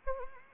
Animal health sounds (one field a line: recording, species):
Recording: mosquito wingbeat signal from an infrared sensor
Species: Anopheles arabiensis